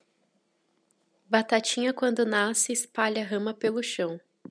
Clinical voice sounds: short text; Brazilian Portuguese; female; 20 to 29 years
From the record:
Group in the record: control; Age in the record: 22 years

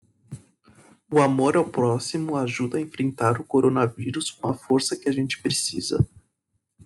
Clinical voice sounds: spoken sentence; Brazilian Portuguese; male; 20 to 29 years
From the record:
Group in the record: control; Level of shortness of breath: 0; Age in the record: 21 years

